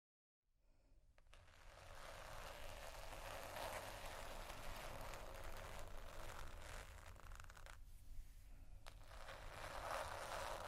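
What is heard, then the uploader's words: Dense scratching on a textured surface starts after a brief silence and swells to a steady level within two seconds. The grainy rasp continues with a short thinner patch around the eighth second, over a low, even hum. Slow Scratching & Tapping on Textures.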